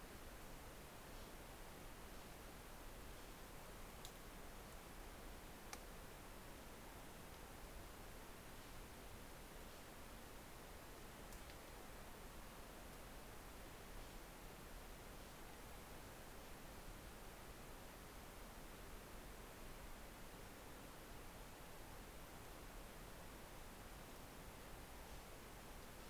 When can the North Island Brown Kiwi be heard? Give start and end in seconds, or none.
none